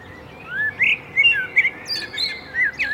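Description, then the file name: Common blackbird calls: a run of short whistled chirps and slurred notes, some rising, some falling, given in quick succession over faint background hiss. "Turdus merula"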